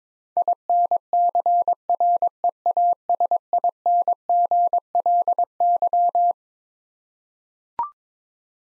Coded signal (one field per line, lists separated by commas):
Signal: Morse code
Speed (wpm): 22 wpm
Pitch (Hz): 700 Hz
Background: none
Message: INCREASINGLY